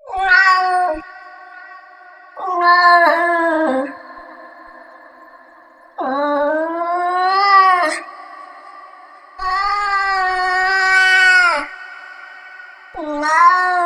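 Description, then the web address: Domestic cat meowing repeatedly, five drawn-out harmonic cries, some rising and some wavering, each lasting one to two seconds, with a quiet continuous hum underneath. "o som de um gato a miar"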